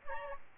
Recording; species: mosquito wingbeat signal from an infrared sensor; Aedes albopictus